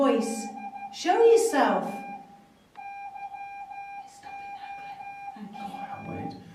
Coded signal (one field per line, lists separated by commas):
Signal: Morse code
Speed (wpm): 13 wpm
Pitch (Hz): 2400 Hz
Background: speech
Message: DO YOU